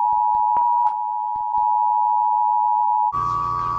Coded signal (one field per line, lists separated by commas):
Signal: Emergency Alert System (SAME) tones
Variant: 853 and 960 Hz attention tone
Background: music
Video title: ⚠️Rating EAS (A-Z) #18 (Chinese new year 🇨🇳)⚠️